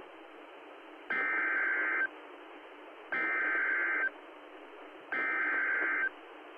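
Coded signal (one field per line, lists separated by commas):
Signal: Emergency Alert System (SAME) tones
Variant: header bursts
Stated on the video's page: Real EAS Severe Thunderstorm Warning from the NWS in Northern Indiana.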